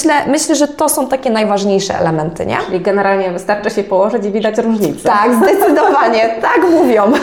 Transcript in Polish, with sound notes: myślę, że to są takie najważniejsze elementy.
Czyli generalnie wystarczy się położyć i widać różnicę? [śmiech]
Tak, zdecydowanie, tak mówią!